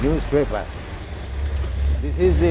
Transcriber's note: sound of cars passing close